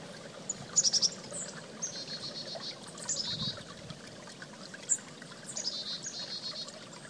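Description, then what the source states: Chickadee calls: scattered high, thin notes and short buzzy bursts in a series, over a steady rushing of flowing water. Recorded at a creek.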